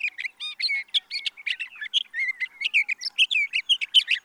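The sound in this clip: Sage thrasher song, a hurried stream of mixed whistles, slurred notes and chirps, delivered continuously.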